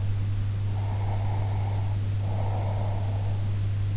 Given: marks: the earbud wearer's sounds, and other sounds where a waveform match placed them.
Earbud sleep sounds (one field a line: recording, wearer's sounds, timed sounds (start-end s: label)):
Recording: sounds in sleep by an in-ear microphone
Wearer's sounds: breath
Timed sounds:
0.69-3.40 s: breath